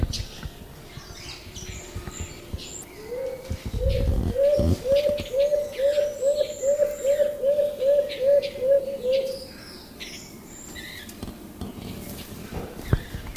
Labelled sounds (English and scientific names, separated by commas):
Silver-eared Mesia (Leiothrix argentauris) call